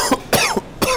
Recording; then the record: coughing mixed with background sound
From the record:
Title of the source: Coughing 79